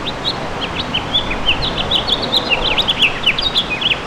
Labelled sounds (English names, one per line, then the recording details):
House Finch song
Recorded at Amityville on Long Island, New York, on 12 June 2013
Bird B